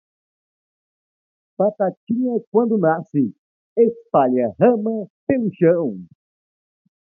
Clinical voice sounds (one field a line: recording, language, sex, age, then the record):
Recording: short text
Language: Brazilian Portuguese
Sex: male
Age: 40 to 49 years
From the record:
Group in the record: control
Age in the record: 40 years